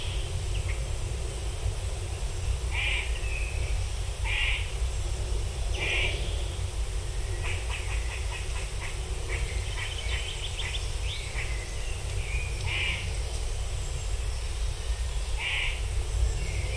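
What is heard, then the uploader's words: Birdsong in a summer wood in the Oxfordshire countryside, with short bright calls every second or two around 3, 4.5, 6, 13 and 15.5 seconds. Between 8 and 11 seconds a quick rattling trill runs. A steady low rumble and hiss sits underneath throughout. On a summer walk in the Oxfordshire countryside, we pause in the small but perfectly-formed Summerheath Wood to record a moment of forest-bathing calm among the birdsong. Recorded by Cities and Memory.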